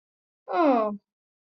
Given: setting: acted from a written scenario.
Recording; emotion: vocal sound without words; neutral